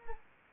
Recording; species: mosquito wingbeat signal from an infrared sensor; Anopheles arabiensis